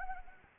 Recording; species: mosquito wingbeat signal from an infrared sensor; Anopheles arabiensis